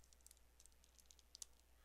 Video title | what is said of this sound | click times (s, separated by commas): Build With Baer Workshop #113 9/22/18 Most of Re/100 Bawoo | got a snap there great that's | 1.3 s, 1.4 s